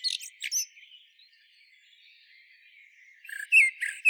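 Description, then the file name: Eurasian blackbird: a short cluster of high, thin notes at the start, a lull, then a few loud squeaky notes near the end. "Turdus merula"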